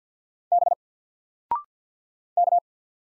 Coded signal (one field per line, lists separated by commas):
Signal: Morse code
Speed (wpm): 48 wpm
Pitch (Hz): 700 Hz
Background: none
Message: B K